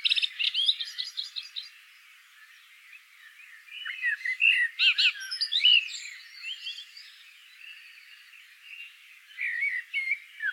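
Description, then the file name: Common blackbird song in dense bursts: high chattering twitter at the start, then warbled fluted phrases mixed with sharp squeaks, resuming after a lull. "Turdus merula"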